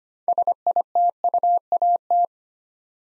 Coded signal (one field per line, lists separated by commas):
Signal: Morse code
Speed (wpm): 25 wpm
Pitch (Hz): 700 Hz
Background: none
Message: SITUAT